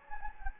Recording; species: mosquito wingbeat signal from an infrared sensor; Anopheles gambiae